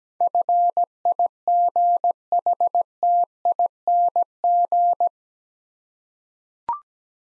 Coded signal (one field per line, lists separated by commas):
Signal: Morse code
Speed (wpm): 17 wpm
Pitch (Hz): 700 Hz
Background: none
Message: FIGHTING